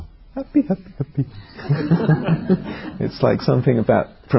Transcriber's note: laughter